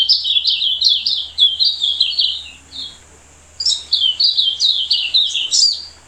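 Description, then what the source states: Silvereye with fast, high chattering warble, a pause of about a second, then another burst of thin twittering notes. Subspecies vegetus.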